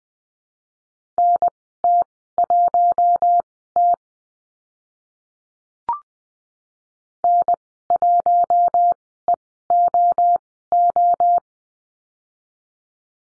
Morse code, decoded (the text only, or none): NT1T N1EOO